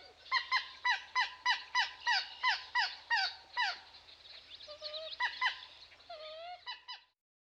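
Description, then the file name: Common moorhen calls: a steady run of about a dozen loud, harsh, clipped notes, roughly three per second, followed by softer, more varied croaking and whining notes. "dan gibsons solitudes common moorhen"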